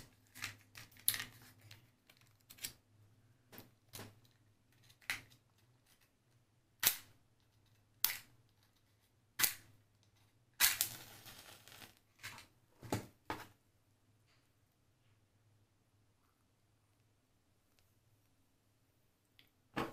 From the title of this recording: Match Lighting Extinguishing, Fire Crackling,Tapping, Glass Sounds, Candles